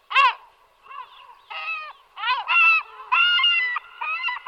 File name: racek-stříbřitý